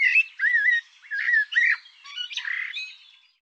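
Bird song: varied warbling, with wavering slurred notes and fuzzy chattered elements running almost continuously for three seconds before fading.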